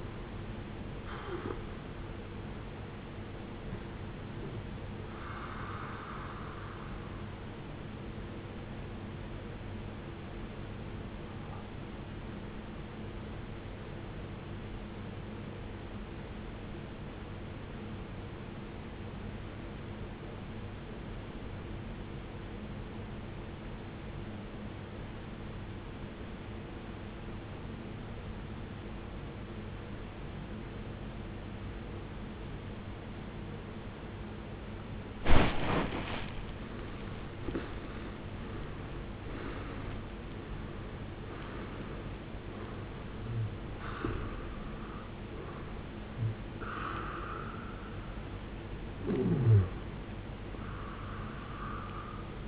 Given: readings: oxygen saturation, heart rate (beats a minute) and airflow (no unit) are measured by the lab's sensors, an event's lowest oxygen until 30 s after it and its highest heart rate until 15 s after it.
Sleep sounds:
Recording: breathing in sleep by a voice recorder at the bedside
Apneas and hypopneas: 1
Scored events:
13.00-38.40 s: obstructive apnea (REM, oxygen 93% highest, then 77% lowest, heart rate 56 at the start, 81 highest)
34.00-52.48 s: new sleep stage, N1 (lightest sleep)
From the record:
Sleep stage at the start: REM sleep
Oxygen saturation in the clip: 74 to 93%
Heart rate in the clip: 53 to 83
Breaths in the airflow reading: 8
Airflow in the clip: -15.9 to 14.3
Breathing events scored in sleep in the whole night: 389 in 6.3 hours asleep

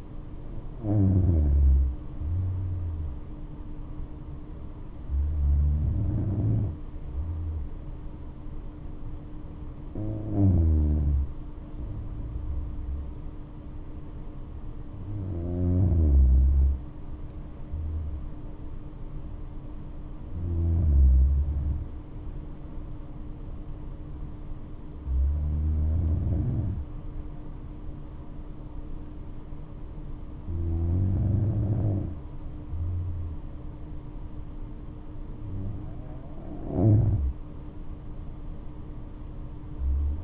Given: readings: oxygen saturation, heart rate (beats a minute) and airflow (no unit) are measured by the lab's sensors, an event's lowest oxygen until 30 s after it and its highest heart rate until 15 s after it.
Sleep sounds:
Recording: breathing in sleep by a smartphone at the bedside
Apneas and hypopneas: none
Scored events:
none scored
From the record:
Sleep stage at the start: N2 (light sleep)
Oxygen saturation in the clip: 94 to 95%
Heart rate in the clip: 63 to 73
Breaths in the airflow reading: 8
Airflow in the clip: -7.2 to 8.8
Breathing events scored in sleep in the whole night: 228 in 5.4 hours asleep

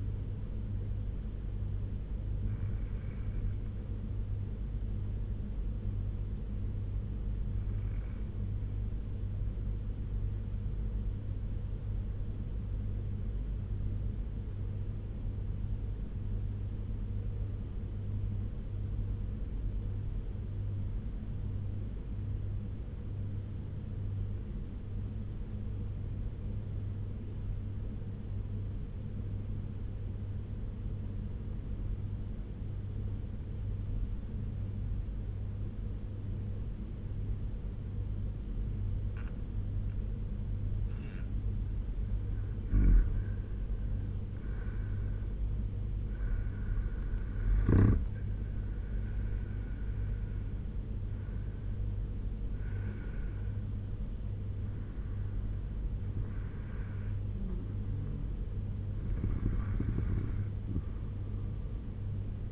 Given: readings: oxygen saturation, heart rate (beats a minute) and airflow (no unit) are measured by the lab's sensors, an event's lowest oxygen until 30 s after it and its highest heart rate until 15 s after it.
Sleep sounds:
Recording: breathing in sleep by a smartphone at the bedside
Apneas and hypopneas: 1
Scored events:
6.00-42.50 s: obstructive apnea (N2, oxygen 96% highest, then 85% lowest, heart rate 77 at the start, 85 highest)
39.00-62.52 s: new sleep stage, N1 (lightest sleep)
From the record:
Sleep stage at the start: N2 (light sleep)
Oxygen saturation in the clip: 86 to 96%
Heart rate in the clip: 71 to 85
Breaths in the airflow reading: 6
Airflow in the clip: -8.0 to 7.2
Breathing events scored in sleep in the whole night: 201 in 6.5 hours asleep

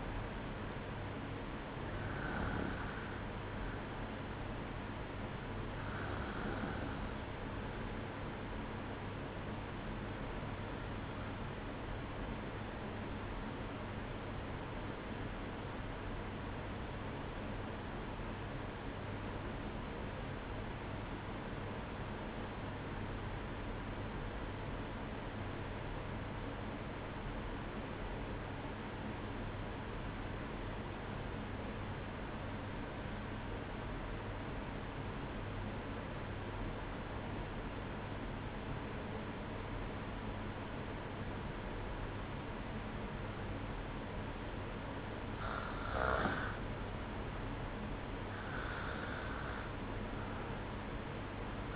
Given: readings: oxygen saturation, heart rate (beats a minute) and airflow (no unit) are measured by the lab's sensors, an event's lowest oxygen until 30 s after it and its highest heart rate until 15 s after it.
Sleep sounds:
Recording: breathing in sleep by a voice recorder at the bedside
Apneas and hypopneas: 1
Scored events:
9.00-45.10 s: obstructive apnea (REM, oxygen 96% highest, then 93% lowest, heart rate 60 at the start, 65 highest)
From the record:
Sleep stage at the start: REM sleep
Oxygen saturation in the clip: 93 to 96%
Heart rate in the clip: 59 to 65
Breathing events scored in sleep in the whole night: 305 in 9.6 hours asleep

